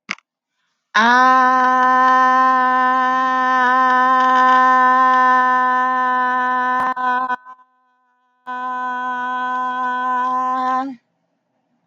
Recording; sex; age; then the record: vowel held as long as possible; female; 40 to 49 years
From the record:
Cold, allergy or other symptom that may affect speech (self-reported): no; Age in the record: 47 years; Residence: Illinois, United States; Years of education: 19